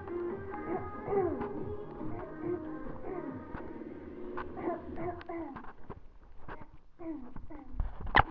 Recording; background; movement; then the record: throat clearing; music; walking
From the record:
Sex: female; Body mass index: 18.8 kg/m2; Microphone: on the chest, facing the body